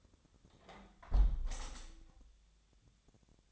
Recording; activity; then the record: daily activity, microphone in the room; close window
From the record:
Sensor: 3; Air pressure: 1014.8 hPa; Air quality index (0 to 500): 37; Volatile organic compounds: 1 ppm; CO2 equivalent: 575 ppm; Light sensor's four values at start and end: 9/22/9/9 and 9/22/9/9